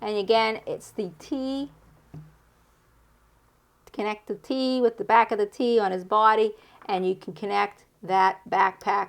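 Someone talks while lining up the T connector on a plastic backpack with the back of a Star Wars The Black Series Wrecker action figure, ready to push it on. The handling is quiet, with faint rustling and no hits. Nothing has seated or clicked yet.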